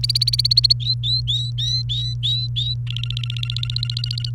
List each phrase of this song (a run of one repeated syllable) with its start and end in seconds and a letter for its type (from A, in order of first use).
0.00-0.73 A, 0.80-2.74 B, 2.87-4.30 C